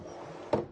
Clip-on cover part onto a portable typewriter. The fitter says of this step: Push it down like that. Snaps right in.